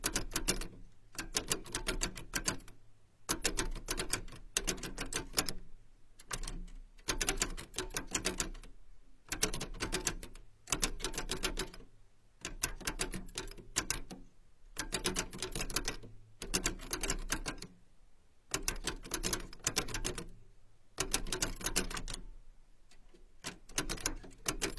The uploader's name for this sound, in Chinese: 老式打字机